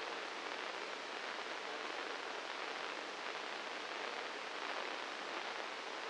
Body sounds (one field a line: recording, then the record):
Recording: brain microelectrode recording played as sound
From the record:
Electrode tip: inside the subthalamic nucleus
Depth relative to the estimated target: 1 mm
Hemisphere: left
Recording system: NeuroSet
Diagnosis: Parkinson's disease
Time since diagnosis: 9 years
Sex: male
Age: 56 years